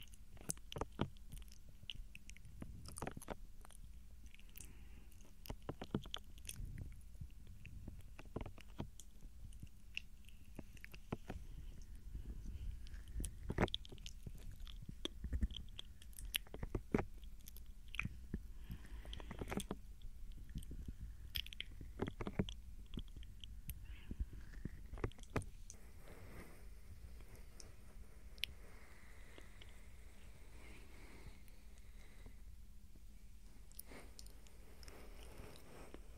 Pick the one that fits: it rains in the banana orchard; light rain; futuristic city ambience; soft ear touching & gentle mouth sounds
soft ear touching & gentle mouth sounds